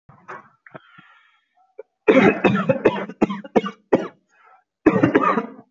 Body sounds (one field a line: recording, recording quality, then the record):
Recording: heavy voluntary cough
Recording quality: excellent, no background noise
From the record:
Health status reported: healthy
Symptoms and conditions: none ticked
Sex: male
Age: 24 years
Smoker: not ticked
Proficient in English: yes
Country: India